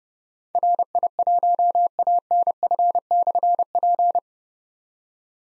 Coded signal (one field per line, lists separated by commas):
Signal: Morse code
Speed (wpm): 28 wpm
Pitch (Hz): 700 Hz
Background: none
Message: RI1ANF/P